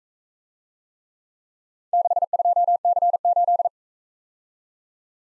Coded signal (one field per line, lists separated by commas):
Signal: Morse code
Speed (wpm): 42 wpm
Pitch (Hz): 700 Hz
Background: none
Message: 62C8